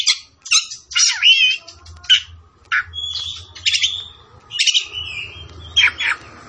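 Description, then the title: Oriental magpie-robin song in loud bursts of harsh, buzzy and whistled notes, separated by short pauses, over a soft low background hum. From Tretes, singing vigorously (gacor). "Kacer Tretes"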